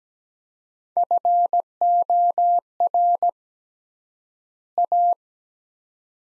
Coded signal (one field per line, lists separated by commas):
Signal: Morse code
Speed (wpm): 17 wpm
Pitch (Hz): 700 Hz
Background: none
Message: FOR A